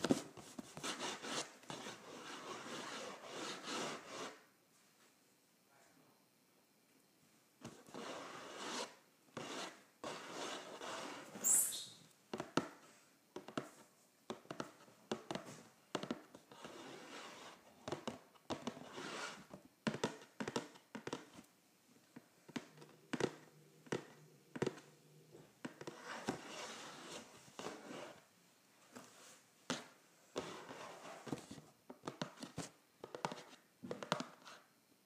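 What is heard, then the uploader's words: Scratching and tapping on a cardboard box in dense rasping bursts, broken by brief pauses and scattered sharp taps, especially in the second half. ASMR Scratching and Tapping a Cardboard Box.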